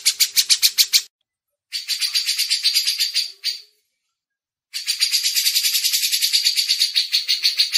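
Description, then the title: Grey-cheeked bulbul pouring out buzzy, pulsed rattles in three bursts with brief pauses between, each burst a fast string of harsh notes. Masteran training audio. "MASTERAN CUCAK JENGGOT"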